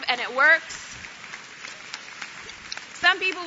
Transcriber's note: applause